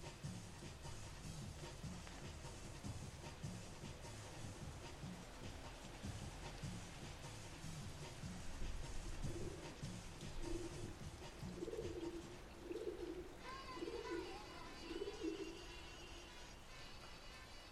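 Under a bridge beside a canal, a dense, steady low rumble fills the whole recording. From about eleven seconds, pigeons coo in a regular, repeated pattern. Faint music with brighter held tones joins them near the end.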